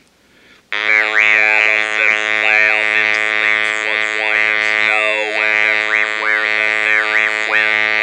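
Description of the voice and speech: A steady, flat mechanical buzz is shaped into "Mary had a little lamb, its fleece was white as snow, and everywhere that Mary went": an adult demonstrating electrolarynx speech.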